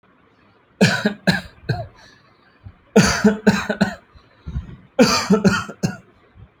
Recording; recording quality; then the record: heavy voluntary cough; excellent, no background noise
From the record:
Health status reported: healthy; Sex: male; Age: 31 years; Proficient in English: yes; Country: India